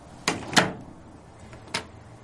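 In the rain, a woman pulls a wooden window shutter shut with two quick knocking thuds, followed a moment later by a single sharp clack as she slides the bolt tight, with a quiet background hiss between.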